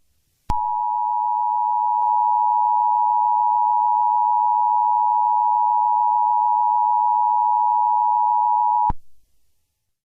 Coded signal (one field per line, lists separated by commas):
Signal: Emergency Alert System (SAME) tones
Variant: 853 and 960 Hz attention tone